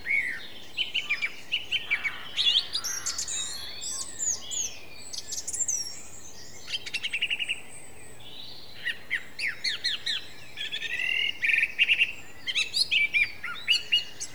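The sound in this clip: Song thrush singing varied whistled and chirping phrases, short bursts with brief pauses between them, some notes repeated several times.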